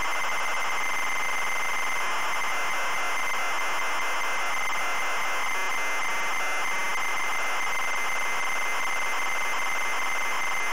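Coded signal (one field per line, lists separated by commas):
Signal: ZX Spectrum tape loading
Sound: continuous harsh buzzing, screeching data warble at steady volume for the whole clip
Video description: today we're loading the ZX Spectrum game, Angry Birds!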